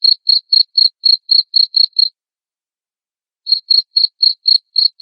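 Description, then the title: Cricket chirping in two bursts of quick, high, ringing pulses separated by a silent gap of over a second. Loud cricket chirping played to make lovebirds sing continuously. "Suara JANGKRIK NGERIK Keras Bikin LOVEBIRD Jadi NGEKEK Terus Vubey"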